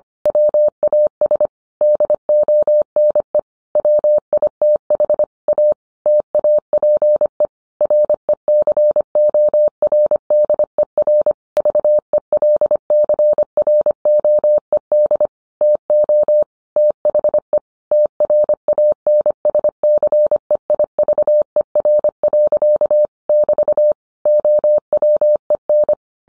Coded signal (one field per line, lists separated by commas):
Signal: Morse code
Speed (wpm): 25 wpm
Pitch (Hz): 600 Hz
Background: none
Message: WAS DONE WITH A TAPE RECORDER VELCROED TO THE TRANSCEIVER. <BT> OWEN